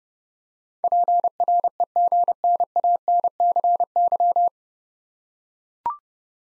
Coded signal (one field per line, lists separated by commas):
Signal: Morse code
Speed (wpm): 32 wpm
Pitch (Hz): 700 Hz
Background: none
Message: PREGNANCY